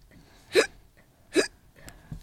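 A child makes two sharp, acted hiccups, each a brief breathy burst.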